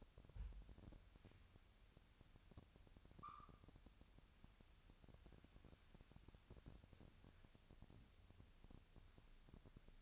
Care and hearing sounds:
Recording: daily activity, microphone in the room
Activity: wipe stove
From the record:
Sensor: 2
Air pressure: 1006.9 hPa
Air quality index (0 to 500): 198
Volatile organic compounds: 13 ppm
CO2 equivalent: 2429 ppm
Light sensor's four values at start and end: 9/23/9/9 and 9/23/9/9

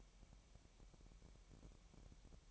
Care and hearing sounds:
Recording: daily activity, microphone in the room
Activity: take from stove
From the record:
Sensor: 1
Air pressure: 1012.0 hPa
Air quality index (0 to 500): 220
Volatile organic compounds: 5 ppm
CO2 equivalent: 1758 ppm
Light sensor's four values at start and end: 64/153/64/67 and 64/153/64/66

